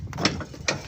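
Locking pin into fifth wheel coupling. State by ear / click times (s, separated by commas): not seated / none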